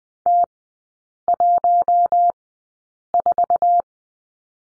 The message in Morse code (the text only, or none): T14